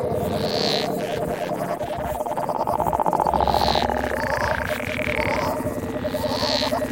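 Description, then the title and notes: Dense frog or toad chorus of buzzy trills and pulsed croaks, with brief bright swelling calls recurring every few seconds. Every sound is a frog or toad; recorded December 2017. "every sound you hear on this is a frog or a toad - recorded December 2017"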